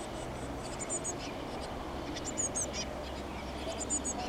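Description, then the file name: Eurasian blue tit making short, high, thin call bursts about three times, with a low background hum. "Cyanistes caeruleus"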